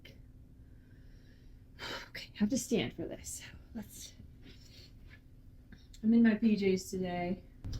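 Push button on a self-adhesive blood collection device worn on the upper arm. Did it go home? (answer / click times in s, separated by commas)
no / none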